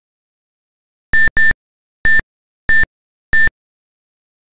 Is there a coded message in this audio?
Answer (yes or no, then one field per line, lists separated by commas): no